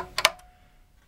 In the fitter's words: this thing and sometimes if it's not activating it may not be in its slot you got to make sure that you hear that click